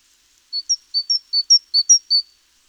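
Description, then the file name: Great tit singing a quick run of high, thin two-note phrases, each a sharp upper note then a lower one, repeated four times on a silent background. "Parus major"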